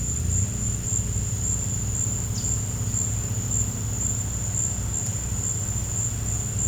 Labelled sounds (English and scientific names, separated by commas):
none